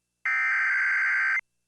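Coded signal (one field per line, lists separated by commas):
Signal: Emergency Alert System (SAME) tones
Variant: header bursts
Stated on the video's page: NOAA Weather Radio Tornado Warning for downtown Bemidji, Minnesota.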